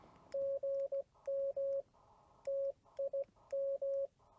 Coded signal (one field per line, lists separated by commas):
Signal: Morse code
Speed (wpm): 16 wpm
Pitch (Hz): 550 Hz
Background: none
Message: GM TIM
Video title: CW Copy Practice and a meet up with KM4ZKB